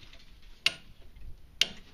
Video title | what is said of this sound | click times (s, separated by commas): Symptoms of a bad inner CV Joint (06 Focus) | there we go you can hear clicking | 0.7 s, 1.6 s